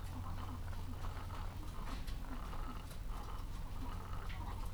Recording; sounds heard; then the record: poultry house recording; sick chickens (respiratory disease)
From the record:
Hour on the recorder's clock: 14